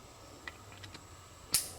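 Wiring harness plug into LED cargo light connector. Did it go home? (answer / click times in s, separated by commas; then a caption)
yes / 1.5 s. A wiring harness plug is pushed onto the back of an LED cargo light for a Toyota Tacoma, a plastic connector that only fits one way. A few faint ticks come first, then one sharp, bright click at 1.5 seconds. The connector seats and is confirmed clicked on.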